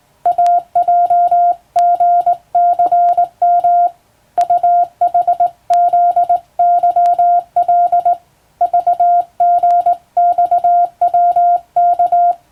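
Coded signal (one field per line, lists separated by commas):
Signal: Morse code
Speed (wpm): 19 wpm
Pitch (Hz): 700 Hz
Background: none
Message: AJGCM UHZYL VGXWK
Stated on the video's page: Morse sending practice on a hand key by a first-class radiotelegraph operator, using a standard telegram-sending practice book.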